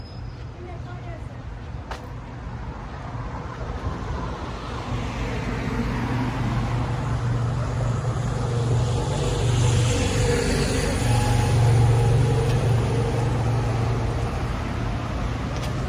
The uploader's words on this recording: Street Sounds. Walking In Tel Aviv, Israel.